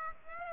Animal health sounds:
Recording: mosquito wingbeat signal from an infrared sensor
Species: Aedes aegypti

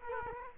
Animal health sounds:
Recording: mosquito wingbeat signal from an infrared sensor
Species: Culex quinquefasciatus

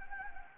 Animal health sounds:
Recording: mosquito wingbeat signal from an infrared sensor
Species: Anopheles gambiae

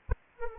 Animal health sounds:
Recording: mosquito wingbeat signal from an infrared sensor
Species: Anopheles arabiensis

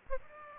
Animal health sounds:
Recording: mosquito wingbeat signal from an infrared sensor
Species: Aedes aegypti

